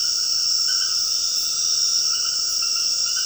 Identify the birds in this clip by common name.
none